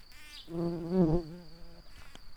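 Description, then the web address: Red-shanked carder bee worker buzzing: a low droning hum swells and fades over about a second and a quarter, wavers slightly in pitch, then stops, leaving quiet background noise. "Ruderarius workers"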